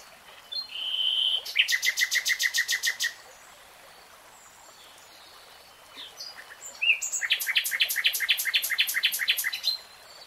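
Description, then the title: Nightingale song: a pure whistle, then a rapid pulsing trill, quiet gap, and another long fast sequence of repeated sharp notes. Singing, real-time recording. "[Tiếng chim hót] 3 Hours REALTIME Nightingale Singing"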